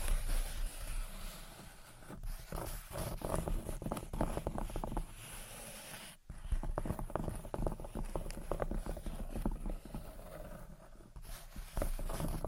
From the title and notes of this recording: Gentle Tapping and Scratching. (No Talking).